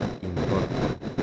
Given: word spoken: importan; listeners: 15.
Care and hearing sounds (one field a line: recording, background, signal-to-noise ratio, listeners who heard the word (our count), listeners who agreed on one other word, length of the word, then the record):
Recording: one Spanish word in noise, from a listening test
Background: noise modulated by three-talker babble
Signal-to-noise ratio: -5.3 dB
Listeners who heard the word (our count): 1 of 15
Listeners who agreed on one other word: 8 of 15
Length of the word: 0.83 s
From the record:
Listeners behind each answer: 8, 2, 1, 1, 1, 1, 1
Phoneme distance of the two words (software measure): 7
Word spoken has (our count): 3 syllables, 8 phonemes, stress on syllable 2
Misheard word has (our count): 3 syllables, 7 phonemes, stress on syllable 2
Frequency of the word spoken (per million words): 4.16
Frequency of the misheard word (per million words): 55.87